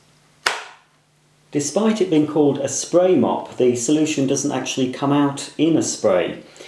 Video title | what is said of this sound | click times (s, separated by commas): Numatic HM40 Henry Spray Mop Unboxing, Assembly & Demonstration | and push until it clicks | 0.5 s